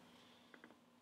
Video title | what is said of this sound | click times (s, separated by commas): Review: Griffin Survivor Summit for iPhone 6/6s | and it also locks in on the bottom | 0.5 s, 0.6 s